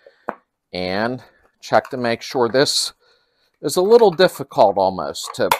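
A spring wire bail clip snaps onto the valve cover of an air-cooled VW engine (Beetle, Super Beetle, Bus, Ghia, Type 3), making one sharp snap at 0.3 s. Someone then talks. The clip seats firmly in place and is confirmed to still be working well.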